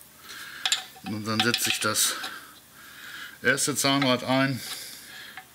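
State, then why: Not seated. The first oil pump gear is set into the housing of an air-cooled VW Beetle engine while someone talks, with brief sharp knocks around 0.7 s and a faint one near 5.4 s. The gear has not yet engaged in the slot at the back of the camshaft, and it is to be turned until it does, so nothing has seated or clicked yet.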